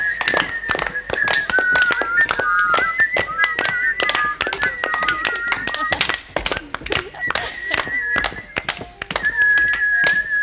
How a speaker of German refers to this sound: Die Kinder klatschen und trampeln, sie pfeifen und prusten. Sie schnipsen mit den Fingern und schnalzen mit der Zunge. Sie bringen den ganzen Raum zum Klingen.